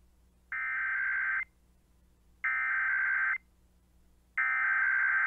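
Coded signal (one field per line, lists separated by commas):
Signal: Emergency Alert System (SAME) tones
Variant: header bursts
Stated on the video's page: Iowa Required Monthly Tests relayed to Iowa radio and TV stations after originating from an AM station; one relay failed.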